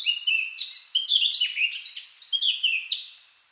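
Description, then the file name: Eurasian blackcap delivering a loud, pure fluty warble of sliding whistled notes, fading out after three seconds. "Sylvia atricapilla"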